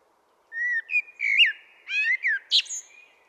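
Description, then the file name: Common blackbird delivering a single phrase of clear, low whistled notes that rise and fall, closing with a sharp high squeak and a brief trailing note. "Turdus merula"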